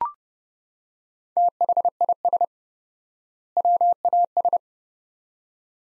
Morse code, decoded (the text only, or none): THIS WAS